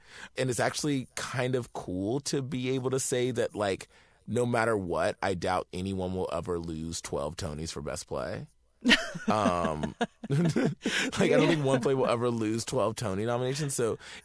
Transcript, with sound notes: And it's actually kind of cool to be able to say that, like, no matter what, I doubt anyone will ever lose 12 Tonys for best play.
(LAUGHTER)
Like, I don't think one play will ever lose 12 Tony nominations,